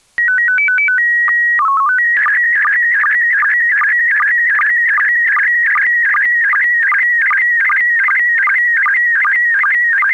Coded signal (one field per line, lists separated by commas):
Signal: SSTV (slow-scan television)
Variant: PD 50